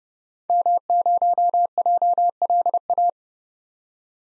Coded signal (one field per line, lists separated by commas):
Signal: Morse code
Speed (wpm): 32 wpm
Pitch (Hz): 700 Hz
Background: none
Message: M0JLA